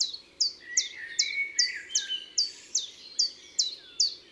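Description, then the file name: Common chiffchaff song: a steady series of crisp, downward-slurred high notes, with softer lower bird twitters behind them and a faint low hum. Recorded in the Drôme, France, for the album Concerts naturels de la Drôme by Studio les Trois Becs. "Pouillot veloce Concerts Naturels de la Drome Studio les Trois Becs"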